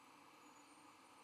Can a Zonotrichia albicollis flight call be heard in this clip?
no